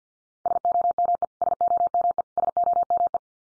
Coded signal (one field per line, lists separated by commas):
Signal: Morse code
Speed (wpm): 50 wpm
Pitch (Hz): 700 Hz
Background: none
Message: SOME SOME SOME